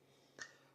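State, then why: Seated. On a 2024+ Hyundai i30, during a cabin filter swap, the plastic glove box side stop is put into its hole in the dashboard side opening and twisted. A single faint, short tick is heard at 0.4 s against quiet background noise. The stop locks in and is seated.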